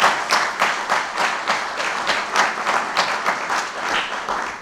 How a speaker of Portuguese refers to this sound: um aplauso para a forte organização da Escola Profissional da Aveiro.